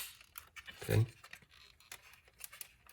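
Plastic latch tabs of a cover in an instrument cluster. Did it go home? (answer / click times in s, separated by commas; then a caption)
no / none. Plastic latch tabs on a cover of an Audi TT instrument cluster, with its black levers, are handled during an LED backlight swap, giving light scattered ticks and taps while someone talks briefly near 1.0 s. Nothing has seated or clicked yet; the tabs are not yet home.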